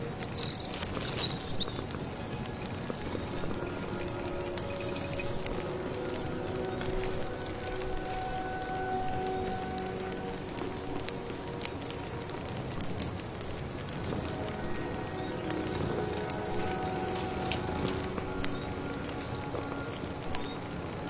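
A thick, stirred soup bubbles and sloshes steadily, with a dense patter like rustling rain running underneath the whole time. Brief sharp crackles and clicks pop up irregularly, like firewood, and a faint high chirp appears near the start.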